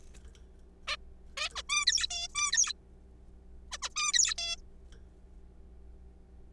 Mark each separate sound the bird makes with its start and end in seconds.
0.88-0.96, 1.37-1.48, 1.55-1.62, 1.69-1.86, 1.87-2.07, 2.11-2.28, 2.35-2.52, 2.52-2.73, 3.72-3.78, 3.83-3.89, 3.96-4.12, 4.13-4.34, 4.38-4.56